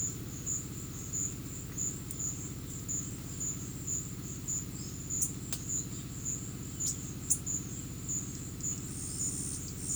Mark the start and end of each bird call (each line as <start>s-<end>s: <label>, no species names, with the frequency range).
5.15s-5.31s: bird call (5.6-9.8 kHz)
6.83s-6.98s: bird call (2.8-9.9 kHz)
7.26s-7.37s: bird call (5.1-10.6 kHz)
8.86s-9.95s: bird call (4.4-10.2 kHz)